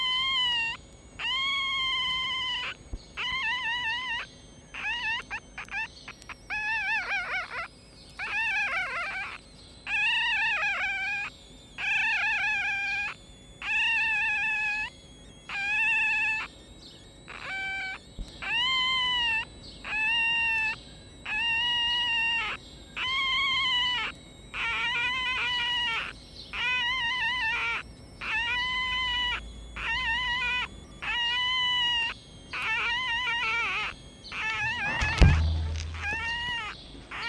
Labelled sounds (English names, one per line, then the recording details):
Red Fox
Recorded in captivity
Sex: female
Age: juvenile
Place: Zoologisches Institut der HUB, Berlin, DE
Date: 1956-05-01 12:40
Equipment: Elmetra
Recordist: Tembrock, Günter
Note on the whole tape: Molly-Welpen: Weibchen: Quärren mit Crescendo und Tremolo